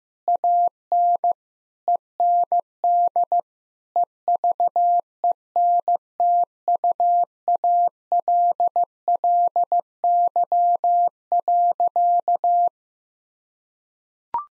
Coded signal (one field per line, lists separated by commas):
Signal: Morse code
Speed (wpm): 15 wpm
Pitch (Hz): 700 Hz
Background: none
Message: AN END EVENTUALLY.